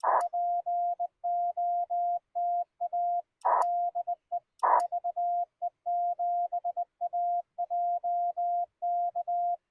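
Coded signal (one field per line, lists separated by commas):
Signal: Morse code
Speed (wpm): 19 wpm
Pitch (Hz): 700 Hz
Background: none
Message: POTA DE VE7AJK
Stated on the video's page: CW Parks on the Air activation by a CW newbie: Yaesu FT-891, 17-foot telescoping whip, 50 watts on 20 metres, rain later.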